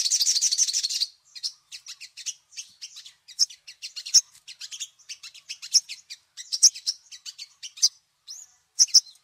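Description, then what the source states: Little spiderhunter singing: opens with a loud buzzy rattle of about a second, then a long run of thin high chips and twittering notes. Labaik song variety; a long tutor recording used to teach songbirds.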